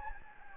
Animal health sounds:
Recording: mosquito wingbeat signal from an infrared sensor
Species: Anopheles gambiae

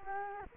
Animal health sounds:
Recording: mosquito wingbeat signal from an infrared sensor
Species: Culex quinquefasciatus

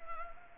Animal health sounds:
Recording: mosquito wingbeat signal from an infrared sensor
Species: Anopheles gambiae

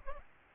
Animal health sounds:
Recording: mosquito wingbeat signal from an infrared sensor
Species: Aedes albopictus

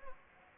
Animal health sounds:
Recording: mosquito wingbeat signal from an infrared sensor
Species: Anopheles gambiae

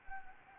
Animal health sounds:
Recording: mosquito wingbeat signal from an infrared sensor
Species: Anopheles gambiae

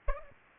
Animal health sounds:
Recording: mosquito wingbeat signal from an infrared sensor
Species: Aedes aegypti

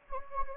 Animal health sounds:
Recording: mosquito wingbeat signal from an infrared sensor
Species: Anopheles gambiae

